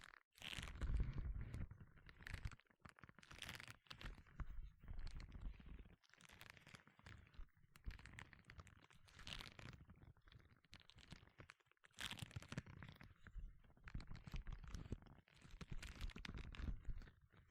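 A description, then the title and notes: Gloves being handled, with bursts of rubbing, scraping and crinkling friction that come in clusters of a second or two. The texture is rough and papery with bright hiss on top and some low thumps, separated by brief pauses, notably near 6 and 12 seconds. 5 different GLOVES Sounds. (No Talking).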